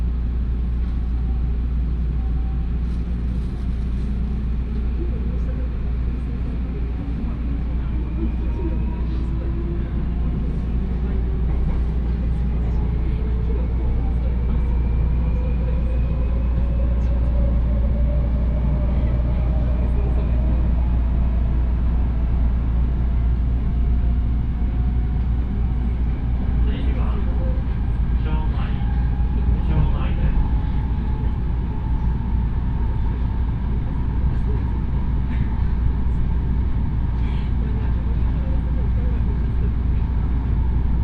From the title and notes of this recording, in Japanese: 鉄道旅 大物→梅田→蛍池→大阪空港。蛍池で大阪モノレールに乗り換えて１駅先の大阪空港へと向かいます。